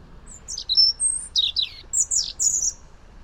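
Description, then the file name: European robin song: a varied phrase of thin high whistles and short sliding notes, then a few bright twittering bursts, over faint background noise. "Erithacus rubecula"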